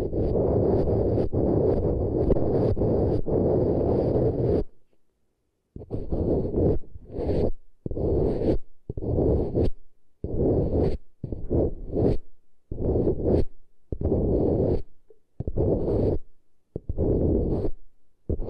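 ASMR ear treatment sounds: a dense, rough rustling fills the first five seconds, then drops to silence. After that it returns in short bursts of scratchy, muffled rubbing, roughly one or two per second, separated by brief quiet gaps, with a thin, bright hiss riding on top.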